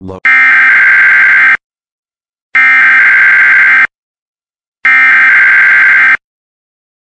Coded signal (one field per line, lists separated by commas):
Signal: Emergency Alert System (SAME) tones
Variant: header bursts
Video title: Mushroom Kingdom EAS - Dust Storm Warning #1